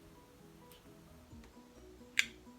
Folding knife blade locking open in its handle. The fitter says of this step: hear that click that tells you that's mark dude please I